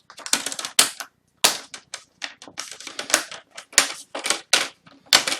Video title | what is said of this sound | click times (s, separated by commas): Dell Inspiron 15 3000 Series Display Replacement | clicks back into place | 0.8 s, 1.4 s, 3.8 s